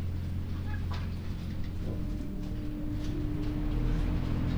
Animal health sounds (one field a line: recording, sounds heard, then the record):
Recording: poultry house recording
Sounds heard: sick chickens (respiratory disease)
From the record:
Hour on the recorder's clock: 21